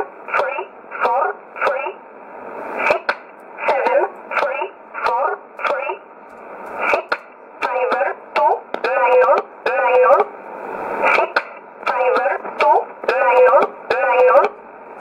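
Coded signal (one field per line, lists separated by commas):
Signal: numbers station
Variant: E11 Oblique, English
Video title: 25 10 2019 E11 Oblique Numbers station in English 0717 on 9963 unknown tx site in USB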